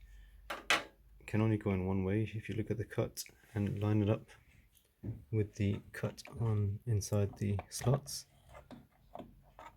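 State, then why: Seated. A RAM memory stick is lined up with the notch in a motherboard DIMM slot and pressed down while someone talks. Near the end, the retaining clips snap shut with soft clicks at 8.7, 9.2 and 9.6 seconds, and the module is firmly seated.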